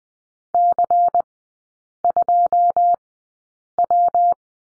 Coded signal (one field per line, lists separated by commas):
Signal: Morse code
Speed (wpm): 20 wpm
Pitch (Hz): 700 Hz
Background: none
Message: C2W